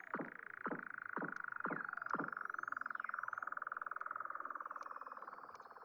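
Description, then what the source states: Weddell seal calls: a series of sharp downward chirps about twice a second over a steady buzzing pulsed trill, with faint high sweeping whistles above. Recorded in Antarctica.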